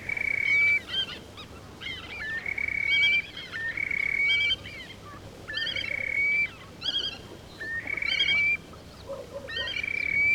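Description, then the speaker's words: Terek sandpiper calls: a sustained whistle that rises slightly at the finish, repeated at uneven intervals, with bursts of quick chattering notes in between. Several birds calling to each other on river shoals. "На речных отмелях перекликаются кулики-мародунки."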